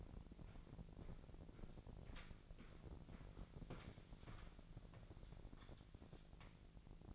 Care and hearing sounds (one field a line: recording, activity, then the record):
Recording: daily activity, microphone in the room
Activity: walk to room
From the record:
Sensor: 5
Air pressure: 1012.4 hPa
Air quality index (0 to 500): 242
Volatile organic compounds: 4 ppm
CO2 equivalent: 1612 ppm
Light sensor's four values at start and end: 51/119/49/50 and 47/111/45/46